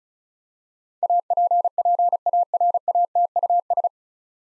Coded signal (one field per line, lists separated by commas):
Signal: Morse code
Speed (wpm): 36 wpm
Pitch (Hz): 700 Hz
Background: none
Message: APPARATUS